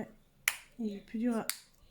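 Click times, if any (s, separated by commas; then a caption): none. Someone handles the plastic lid of a distress ink pad case, which is harder to close, with sharp handling taps near 0.5 s and 1.5 s while someone talks. The lid has not yet clipped shut onto the case; nothing has seated yet.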